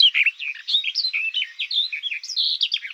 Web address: Sylvia nisoria